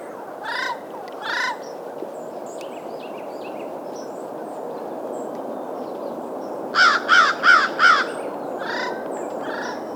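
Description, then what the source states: American crows cawing: two single harsh caws, a pause, then a rapid run of four caws followed by two more, over steady background noise. Two birds calling in flight just after 7:05 a.m., 20-25 minutes before sunrise, December 22, 2024, Trent River Audubon Center, flying from a pond toward the river.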